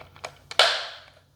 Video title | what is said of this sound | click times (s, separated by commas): How To Use the Baby Brezza Formula Pro Advanced | you will hear the clicking sound once you hear that sound it means it's locked in now | 0.6 s